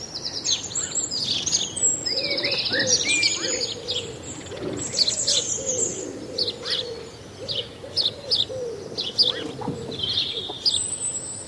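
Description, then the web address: House sparrows chirping busily, several birds with repeated bright cheeps overlapping, while a feral pigeon coos low underneath. House sparrows, several birds calling together with feral pigeon. "House sparrow, several birds calling with feral pigeon. BBC"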